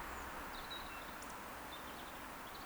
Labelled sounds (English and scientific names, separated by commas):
Eurasian Woodcock (Scolopax rusticola) whistle